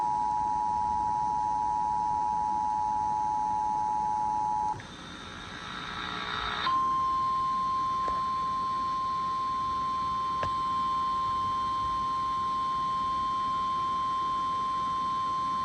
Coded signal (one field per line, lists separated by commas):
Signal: Emergency Alert System (SAME) tones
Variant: 853 and 960 Hz attention tone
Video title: EAS Severe Thunderstorm Warning FM Radio EAS#302